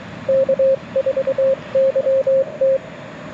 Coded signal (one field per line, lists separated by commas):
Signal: Morse code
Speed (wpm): 23 wpm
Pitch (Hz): 540 Hz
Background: radio noise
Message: K4YT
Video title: QRP CW with the Mountain Topper MTR4B V2 - Morse Code Monday #5